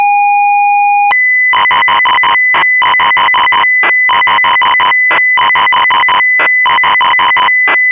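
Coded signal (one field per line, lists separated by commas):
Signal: ZX Spectrum tape loading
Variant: Sinclair ZX Spectrum cassette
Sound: steady buzzy lead tone, then a higher tone broken by rapid harsh screeching data bursts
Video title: Frankie Goes to Hollywood (1985) - Sinclair ZX Spectrum (Full Tape Rip / Cassette Load)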